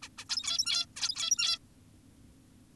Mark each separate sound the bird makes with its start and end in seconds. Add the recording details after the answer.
0.02-0.09, 0.18-0.25, 0.29-0.86, 0.96-1.59. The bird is an adult. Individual g17y2U